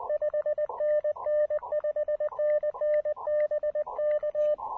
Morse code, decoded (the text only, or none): 5NN5NNBK